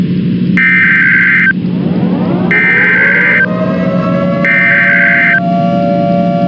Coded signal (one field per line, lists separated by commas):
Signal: Emergency Alert System (SAME) tones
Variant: header bursts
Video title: Eas scenario 1 Duolingo owl